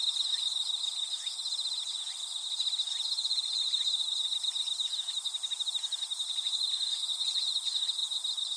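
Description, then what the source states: Insect chorus with a steady high trill and repeated short chirping bursts from another insect. Insects calling in a grassy thicket.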